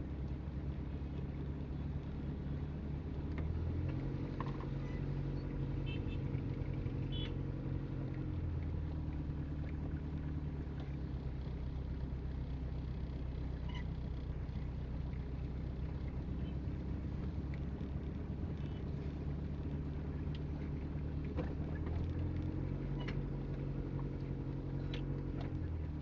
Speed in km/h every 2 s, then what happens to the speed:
16, 12, 11, 11, 11, 13, 13, 15, 16, 16, 15, 9, 11.
0-20 steady at about 13. 20-22 slows to 9.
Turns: none.